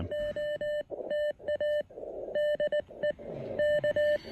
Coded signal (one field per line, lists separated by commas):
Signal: Morse code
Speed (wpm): 18 wpm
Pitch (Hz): 590 Hz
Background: none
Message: OTA DE K